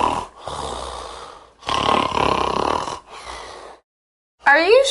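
Three harsh, rattling noisy bursts, then a brief voiced sound; an adult's imitation of snoring, the annoying sound heard at night that comes from someone's nose and mouth.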